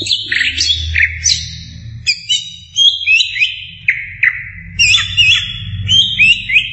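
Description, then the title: Greater green leafbird song: a varied run of high whistled and slurred notes, some rising and falling sharply, in short bursts with brief pauses, over a faint low hum. Champion bird; song. "Kicau Burung Cucak Ijo Juara"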